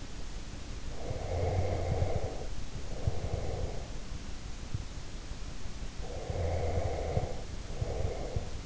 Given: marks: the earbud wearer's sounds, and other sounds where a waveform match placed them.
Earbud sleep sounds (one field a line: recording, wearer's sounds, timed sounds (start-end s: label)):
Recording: sounds in sleep by an in-ear microphone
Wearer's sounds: breath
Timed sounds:
0.84-4.02 s: breath
5.92-8.66 s: breath